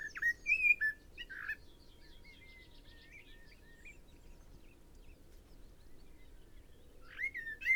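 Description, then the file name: Common blackbird singing a mellow whistled phrase, then a long pause with faint twitters, then another fluty phrase with a high squeak at the end. "Turdus merula"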